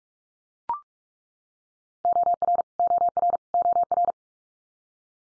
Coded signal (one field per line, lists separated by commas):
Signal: Morse code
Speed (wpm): 44 wpm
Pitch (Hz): 700 Hz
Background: none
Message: OR OR OR